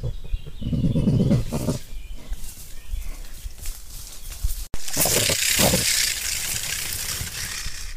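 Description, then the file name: Crested porcupine making a rough, pulsing grunt near the start, quieter snuffles, then a sharp break into a hissing, rustling rattle with brief low grunts. "ISTRICE CRESTATO Histrix cristatus"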